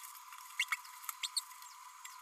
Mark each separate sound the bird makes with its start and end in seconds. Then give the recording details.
0.59-0.65, 0.72-0.76, 1.23-1.27, 1.36-1.40. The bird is a male. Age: 29 days. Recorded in a nest box in Venezuela. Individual 17B32A6